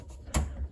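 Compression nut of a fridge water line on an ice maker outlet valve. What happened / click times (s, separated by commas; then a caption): The threaded nut dropped into its thread start with a small click / 0.3 s. A plastic compression nut on a 1/4-inch plastic fridge water line is turned backwards against the ice maker outlet box valve. At 0.4 s it drops into the thread start with a single short, sharp little click. The nut is seated, showing the threads are on correctly.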